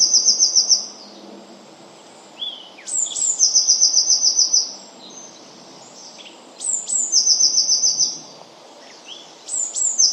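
Eurasian blue tit singing: thin, very high notes that lead into a fast, even trill, repeated every few seconds over faint low background noise.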